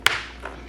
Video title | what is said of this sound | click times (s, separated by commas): How to Swap out the BT Unit from Bilt Techno2 Helmet | Once you hear those snaps, you know it's in there secure. | 0.1 s